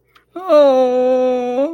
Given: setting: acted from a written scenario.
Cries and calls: vocal sound without words; sadness

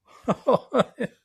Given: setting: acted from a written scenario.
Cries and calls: vocal sound without words; amusement

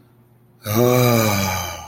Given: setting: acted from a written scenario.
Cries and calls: vocal sound without words; relief

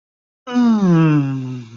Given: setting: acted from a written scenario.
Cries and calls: vocal sound without words; serenity

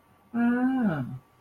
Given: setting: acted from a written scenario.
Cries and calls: vocal sound without words; interest

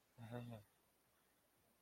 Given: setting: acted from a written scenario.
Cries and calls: vocal sound without words; shame

